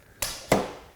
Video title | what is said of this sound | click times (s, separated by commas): Festool Domino 700: A Comprehensive Tour and Demonstration | and just slide it together, and you hear a click, | 0.2 s